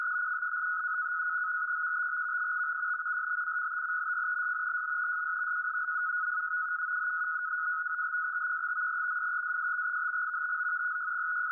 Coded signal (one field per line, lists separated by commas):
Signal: NAVTEX (SITOR-B)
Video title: 516 kHz NAVTEX